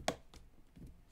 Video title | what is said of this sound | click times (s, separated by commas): Replacing broken iPhone screen LIVE | there you go clicked into place it | 0.1 s